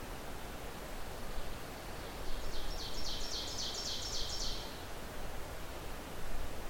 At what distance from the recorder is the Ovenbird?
about 80 m